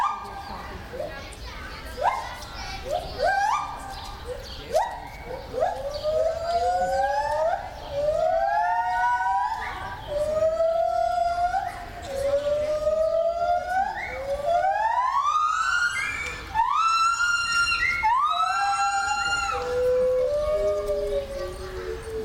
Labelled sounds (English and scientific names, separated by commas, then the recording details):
Pileated Gibbon (Hylobates pileatus)
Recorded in captivity
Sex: male
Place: Zoo Berlin, Berlin, DE
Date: 1996-04-06 12:50
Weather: heiter, 10 - 16 °C
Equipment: Sony MD-WM MZ-R3, Sennheiser MKH 416 T, Kopie Uher 4000 Report Monitor
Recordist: Tembrock, Günter